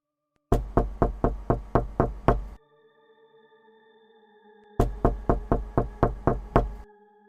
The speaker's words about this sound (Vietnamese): Tiếng gõ cửa phát ra làm cho An giật mình.